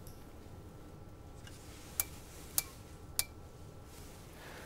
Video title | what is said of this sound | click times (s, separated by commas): Long Version: BREGUET - Tourbillon watches explained by Jeff Kingston | when you heard the clicking that was the indication that the exact amount of torque | 2.0 s, 2.6 s, 3.2 s